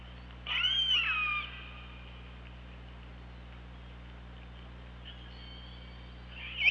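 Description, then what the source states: Killer whale call: one strong harmonic call that starts high and slides down, then quiet with a faint call near the end, over a constant low hum. OrcaLab hydrophone, 24 August 2017, 15:21.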